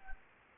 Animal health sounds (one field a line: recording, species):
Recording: mosquito wingbeat signal from an infrared sensor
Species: Anopheles gambiae